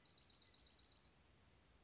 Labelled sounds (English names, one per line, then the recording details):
Dark-eyed Junco
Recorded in Sonoma County, California